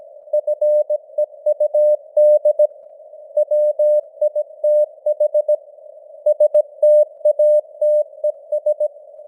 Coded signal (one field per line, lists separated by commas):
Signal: Morse code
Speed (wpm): 17 wpm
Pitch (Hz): 600 Hz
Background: none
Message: FEUD WITH STATES